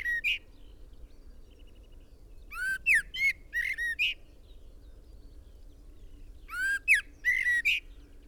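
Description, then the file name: Common blackbird giving short bursts of sharp, squeaky, rising notes, one cluster near the start and two groups later, over a low steady hum. "Turdus merula"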